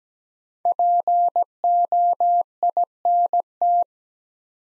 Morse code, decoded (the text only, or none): POINT